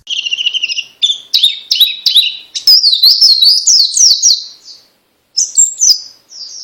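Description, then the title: White-eye song of tumbling, high twittered notes in a continuous run, briefly pausing before a few final chirps. Song style described as ngalas ngeroll. "Kumpulan Pleci Ngalas Ngeroll"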